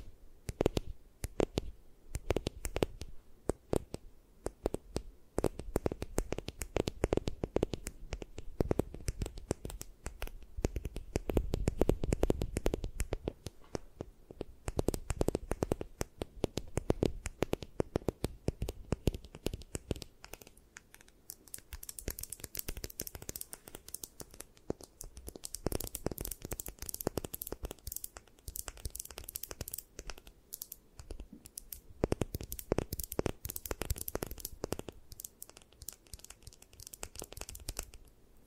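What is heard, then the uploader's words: Tapping runs through the whole recording as a dense, irregular stream of sharp clicks and knocks, some with a low thud beneath them. It is busiest early on and thins out around the twenty-second mark, then returns in quick brighter flurries. Tapping.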